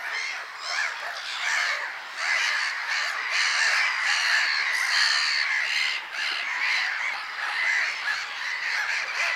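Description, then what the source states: Black-headed gulls in a noisy chorus, many rasping, overlapping squawks rising and falling in intensity from start to finish. Many gulls together.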